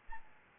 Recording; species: mosquito wingbeat signal from an infrared sensor; Aedes albopictus